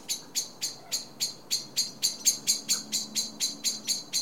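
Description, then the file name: Common blackbird call: sharp, metallic clicking notes repeated rapidly in a steady series. "Turdus merula"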